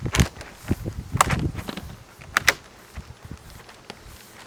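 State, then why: Seated. A vinyl siding panel is pushed up along its length into the lock of the previous panel, and the lock snaps in with sharp clicks at 1.2, 2.4 and 2.5 seconds amid softer handling rustle. The panel is seated and locked in place.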